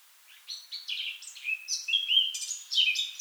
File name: Sylvia atricapilla